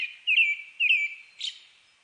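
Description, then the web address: Brown-headed thrush singing a phrase of two clear, slurred whistles that end in a brief, high, husky note. Recorded 29 May 2004. "2004 040529 akahara"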